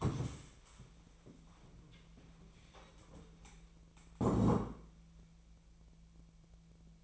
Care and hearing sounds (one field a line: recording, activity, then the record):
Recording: daily activity, microphone in the room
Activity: stand up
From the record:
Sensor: 1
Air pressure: 1000.4 hPa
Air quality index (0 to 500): 180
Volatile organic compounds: 4 ppm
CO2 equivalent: 1665 ppm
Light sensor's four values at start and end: 12/29/12/14 and 12/29/12/14